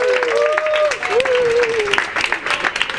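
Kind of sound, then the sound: crowd, audience applause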